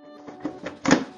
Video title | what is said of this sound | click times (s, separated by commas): Come raccogliere le foglie in giardino! Test del Soffiatore 3 in 1 GeoTech BBV260A EVO | una volta sentito il click avvitiamo la vite senza | 0.9 s